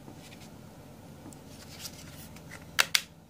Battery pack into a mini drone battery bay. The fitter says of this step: That snapped back in.